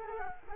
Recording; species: mosquito wingbeat signal from an infrared sensor; Culex quinquefasciatus